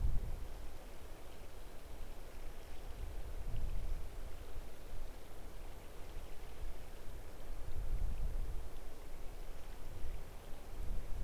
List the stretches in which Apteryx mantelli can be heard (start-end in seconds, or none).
none